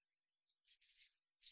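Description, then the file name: European robin song fragment: thin, very high notes slurring into a sustained whistle, then a short sharp note. "Erithacus rubecula"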